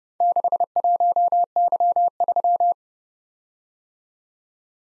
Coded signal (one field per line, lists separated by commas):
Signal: Morse code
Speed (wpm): 29 wpm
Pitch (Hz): 700 Hz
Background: none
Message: 61Y3